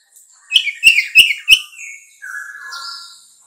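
Bulbul song: four loud, sharp chirps in quick succession, followed by a falling whistled slur and a few softer drawn notes.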